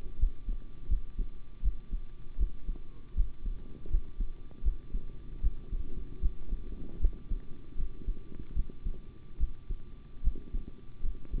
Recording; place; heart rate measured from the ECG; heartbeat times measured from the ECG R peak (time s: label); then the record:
heart sounds by stethoscope; between the tricuspid and mitral areas; 78 bpm
0.18 s: heartbeat
0.88 s: heartbeat
1.62 s: heartbeat
2.37 s: heartbeat
3.15 s: heartbeat
3.89 s: heartbeat
4.63 s: heartbeat
5.41 s: heartbeat
6.20 s: heartbeat
6.99 s: heartbeat
7.76 s: heartbeat
8.54 s: heartbeat
9.38 s: heartbeat
10.22 s: heartbeat
11.01 s: heartbeat
From the record:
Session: rest, sitting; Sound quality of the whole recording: good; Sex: male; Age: 25 years